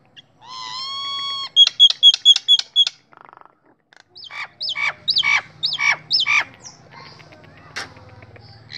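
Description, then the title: Nias hill myna: a long steady whistled tone, a quick string of sharp clicks, then several rising whistled notes and harsh calls. Loud, prolific singing, intended as a masteran model for training other songbirds. "Burung Jalak Nias Gacor Suara Super Gledek Untuk Masteran"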